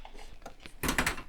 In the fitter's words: There we go. You heard that click into place.